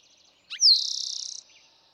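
Eastern towhee: a short note, a high slurred whistle dropping in pitch, then a quick, buzzy trill.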